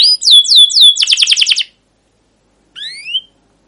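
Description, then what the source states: Canary song: a few swooping whistles and a quick burst of chirps, then silence and one short rising phrase. Canary singing a long rolling chirp song (cuit cuit, ngerol), used as a lure recording (pancingan) to train other canaries.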